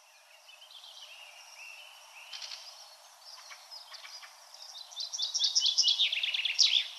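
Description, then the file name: Common chaffinch song: a loud series of descending notes ending in a flourish near the end, after a stretch of softer calls and chirps. "Fringilla coelebs"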